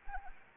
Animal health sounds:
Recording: mosquito wingbeat signal from an infrared sensor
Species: Anopheles arabiensis

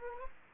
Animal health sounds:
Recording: mosquito wingbeat signal from an infrared sensor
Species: Anopheles arabiensis

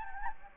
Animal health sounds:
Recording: mosquito wingbeat signal from an infrared sensor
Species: Anopheles gambiae

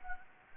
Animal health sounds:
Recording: mosquito wingbeat signal from an infrared sensor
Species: Anopheles gambiae

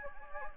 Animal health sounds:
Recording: mosquito wingbeat signal from an infrared sensor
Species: Anopheles gambiae

